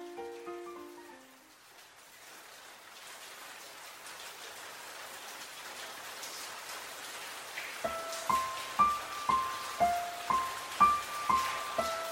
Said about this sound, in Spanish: Gota, agota, en mi cabeza, siento, las noto, empieza a llover, cierro los ojos, gozoso, dichoso, húmeda mi cara, fría mi piel.